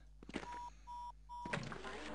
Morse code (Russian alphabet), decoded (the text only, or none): none